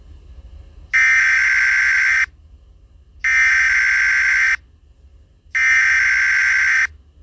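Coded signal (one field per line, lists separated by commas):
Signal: Emergency Alert System (SAME) tones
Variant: header bursts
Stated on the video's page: Fictional EAS scenario tones.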